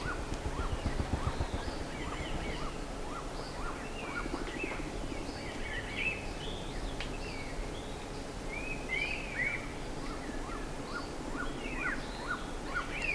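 Birds calling: many short chirps from several birds, coming quickly and irregularly, over a steady low rumbling background noise.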